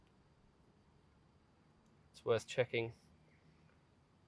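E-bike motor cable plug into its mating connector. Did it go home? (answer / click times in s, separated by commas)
no / none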